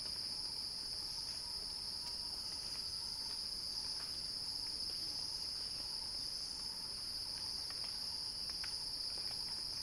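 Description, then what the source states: Cicadas keep up a dense, high, unwavering buzz, while small clicks come and go. Cicada song building in a crescendo, recorded by Axel Drioli.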